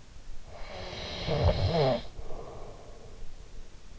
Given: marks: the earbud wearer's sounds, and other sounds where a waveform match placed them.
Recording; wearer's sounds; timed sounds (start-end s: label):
sounds in sleep by an in-ear microphone; snoring breath
0.43-3.35 s: snoring breath